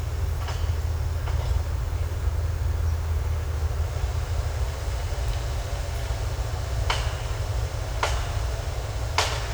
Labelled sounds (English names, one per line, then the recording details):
none
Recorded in secondary vegetation near Puerto Asís, Putumayo, Colombia, on 20 December 2024 at 09:30
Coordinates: 0.468, -76.324
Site G095